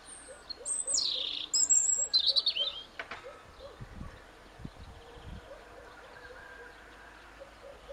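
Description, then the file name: European robin song, a short phrase of high thin whistles and trills sliding between pitches in the first few seconds, then quiet with faint low thumps. "Erithacus rubecula"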